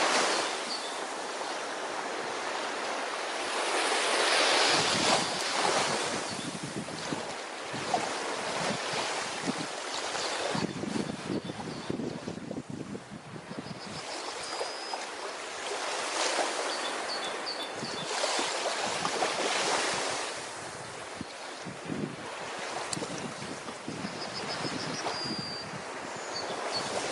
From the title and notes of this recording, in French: Vague et son de l'océan.